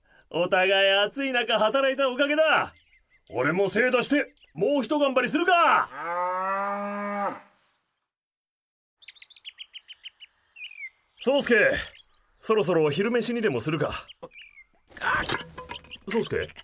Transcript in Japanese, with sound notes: ああ、お互い、暑い中働いたおかげだ。俺も精出して、もうひと頑張りするか。 （ピイピイ鳥のさえずり） 宗助、そろそろ昼飯にでもするか。…宗助！…